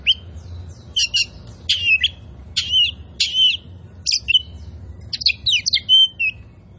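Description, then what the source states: Oriental magpie-robin song: loud, varied whistled phrases with sharp rising and falling notes and buzzy bursts, delivered in quick bouts with short pauses. Kacer poci variety, described as gacor, singing vigorously and continuously.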